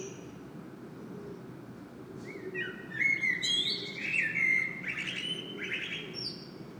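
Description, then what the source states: Common blackbird delivering one long song phrase of rich, flowing whistles that break into brief high twitters, after a quiet start, with a faint low hum throughout. Singing bird recorded in Saint-Gilles, Belgium, using a Sony PCM-M10 internal microphone.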